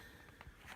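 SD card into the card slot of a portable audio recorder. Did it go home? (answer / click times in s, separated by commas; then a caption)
no / none. An SD memory card is pushed into the side card slot of a Zoom H4N handheld audio recorder, giving a short, sharp sound at about 0.4 s against a faint low background. The card has not seated or clicked into place yet.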